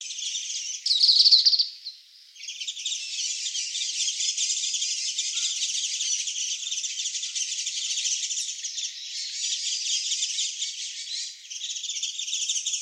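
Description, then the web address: Warbling white-eye giving a dense, continuous high chatter of rapid thin notes, with a brief louder burst early on and a short lull after it. Recorded on 14 December 2014. "birdenaga mejiro"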